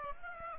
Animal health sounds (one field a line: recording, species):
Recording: mosquito wingbeat signal from an infrared sensor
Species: Aedes aegypti